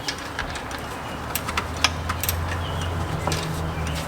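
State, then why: Not seated. A rubber spark plug wire boot over a metal terminal is pushed onto a numbered distributor cap or coil post while the ignition is rebuilt on a Geo Tracker's 1.6L engine. Only a few faint, short ticks around 1.4, 1.6, 1.8, 2.2, 2.3 and 3.3 seconds rise over a steady low hum. The boot has not snapped or clicked into place, because these boots do not snap on.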